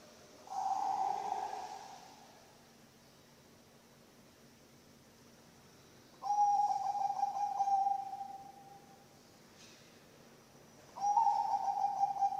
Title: mster Mnuk. SUARA OCEHAN BURUNG PERKUTUT BANGKOK Untuk MASTERAN dan PANCINGAN